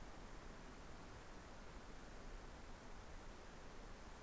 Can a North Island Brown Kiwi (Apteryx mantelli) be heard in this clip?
no